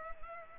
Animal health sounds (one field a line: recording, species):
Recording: mosquito wingbeat signal from an infrared sensor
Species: Culex pipiens